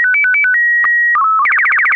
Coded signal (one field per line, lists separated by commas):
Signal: SSTV (slow-scan television)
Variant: Robot BW 8